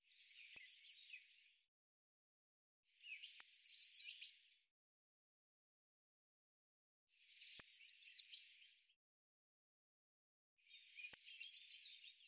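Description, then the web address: Bird song: short high phrases of four or five quick descending notes, repeated about every three to four seconds. "Deverinetal Bird"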